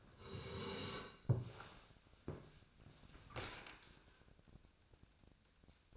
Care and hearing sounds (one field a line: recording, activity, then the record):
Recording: daily activity, microphone in the room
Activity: sit down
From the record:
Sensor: 2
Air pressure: 1000.3 hPa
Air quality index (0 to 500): 163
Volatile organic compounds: 3 ppm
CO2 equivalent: 1364 ppm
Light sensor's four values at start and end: 9/19/8/9 and 9/20/9/9